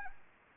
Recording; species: mosquito wingbeat signal from an infrared sensor; Anopheles arabiensis